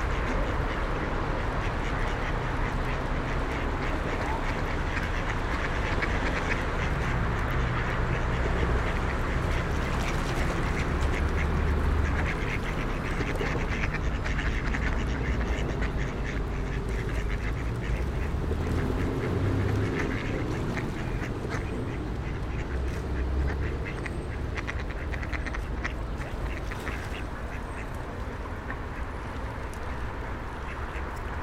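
Ducks and pigeons being fed by passersby, with ducks quacking almost continuously over a dense, steady din. Deep low rumbling runs throughout, with brief clicks and splashy bursts scattered across the half minute and faint voices mixed in.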